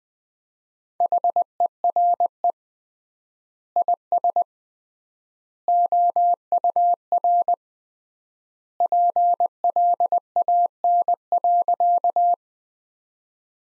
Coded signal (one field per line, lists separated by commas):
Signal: Morse code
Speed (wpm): 20 wpm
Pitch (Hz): 700 Hz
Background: none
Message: HERE IS OUR PLAN.